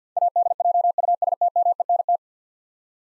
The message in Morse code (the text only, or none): ADJUSTMENT